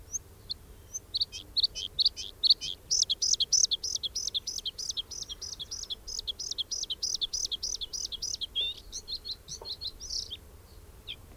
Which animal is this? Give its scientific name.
Luscinia svecica